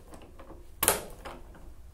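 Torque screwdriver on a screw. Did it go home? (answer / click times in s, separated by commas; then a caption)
yes / 0.8 s. A torque screwdriver set back to about 10 in-lb is turned on a screw until it clicks at 0.8 s. The click is a sharp, bright snap, followed by a second loud transient at 0.9 s and a softer rustle around 1.25 s over quiet background noise. It releases with a good audible click at the set torque.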